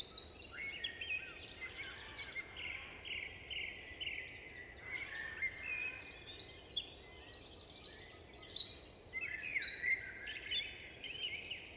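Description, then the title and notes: Eurasian wren giving two energetic songs separated by a brief gap, each packed with fast trills and shrill repeated notes, against soft background noise. Eurasian wren in forest at Val Maravel, 27 March 2020; vigorous, nervous song asserting its presence to potential rivals; recorded in stereo on Nagra Seven with MKH8040. "UN VENT DE TROGLODYTE. 27 mars 2020-Val Maravel - Nagra seven - stéréo - mkh8040 Un Troglodyte mignon (Troglodytes troglodytes) affirme par son chant vigoureux sa présence à tout concurrent potentiel.Chanteur de la forêt son chant nerveux est toujours impressionnant de puissance"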